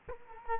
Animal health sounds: mosquito wingbeat signal from an infrared sensor; Culex quinquefasciatus

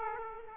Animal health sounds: mosquito wingbeat signal from an infrared sensor; Aedes aegypti

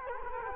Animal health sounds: mosquito wingbeat signal from an infrared sensor; Culex quinquefasciatus

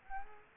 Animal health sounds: mosquito wingbeat signal from an infrared sensor; Aedes albopictus

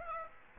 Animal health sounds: mosquito wingbeat signal from an infrared sensor; Aedes aegypti

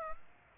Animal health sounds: mosquito wingbeat signal from an infrared sensor; Aedes aegypti

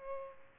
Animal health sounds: mosquito wingbeat signal from an infrared sensor; Culex pipiens

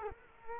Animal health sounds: mosquito wingbeat signal from an infrared sensor; Culex quinquefasciatus

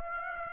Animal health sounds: mosquito wingbeat signal from an infrared sensor; Aedes aegypti

